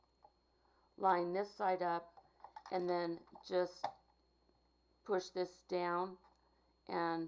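Someone talks while lining up a sewing machine needle or throat plate with its hook going into a hole in the machine bed, then starts pushing it down into place. The plate has not snapped in or seated yet.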